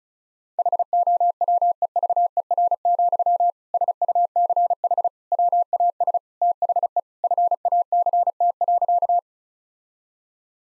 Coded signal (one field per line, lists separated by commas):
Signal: Morse code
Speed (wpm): 36 wpm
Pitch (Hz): 700 Hz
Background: none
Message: HOWEVER, SUCH WAS THE FACT.